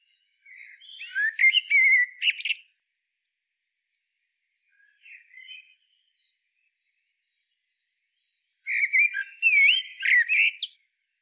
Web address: SETE Turdus merula